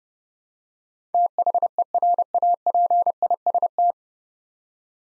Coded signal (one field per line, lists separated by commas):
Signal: Morse code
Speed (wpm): 29 wpm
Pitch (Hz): 700 Hz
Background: none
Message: THERAPIST